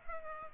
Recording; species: mosquito wingbeat signal from an infrared sensor; Culex pipiens